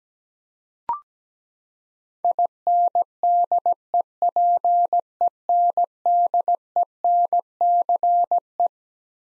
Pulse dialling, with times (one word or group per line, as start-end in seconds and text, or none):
none